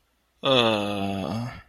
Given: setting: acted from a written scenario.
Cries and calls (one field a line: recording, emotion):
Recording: vocal sound without words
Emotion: sadness